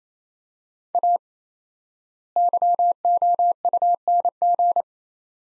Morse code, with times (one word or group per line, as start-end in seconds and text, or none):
0.9-1.2 A
2.4-4.8 YOUNG